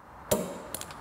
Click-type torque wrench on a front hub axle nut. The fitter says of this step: it's the old-style one users of my digital one but this one was handy hear that click and we are good